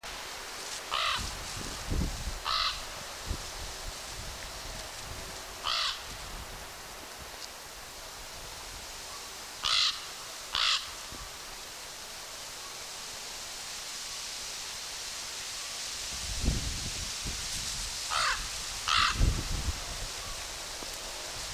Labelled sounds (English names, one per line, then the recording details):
Common Raven call
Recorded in the wild
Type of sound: call
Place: Yellowknife, Great Slave Lake, North West Territories, CA
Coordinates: 62.45, -114.383
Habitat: coniferous forest
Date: 1991-09-29 13:35
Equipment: Sony WM-D6C, Sony ECM-939 LT (Stereo), Kopie Uher 4400 IC
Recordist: Frommolt, Karl-Heinz
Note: Rufe im Anschluss an vorangegangene Aufnahme. Tier gesehen